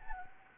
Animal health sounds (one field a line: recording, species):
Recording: mosquito wingbeat signal from an infrared sensor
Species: Anopheles gambiae